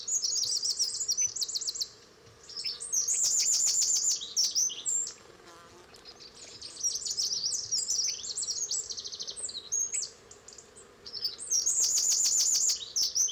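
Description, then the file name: Eurasian wren singing loud, high, fast-trilled phrases in several bursts separated by short pauses, including rattling passages, over a constant low hum. "Troglodytes troglodytes"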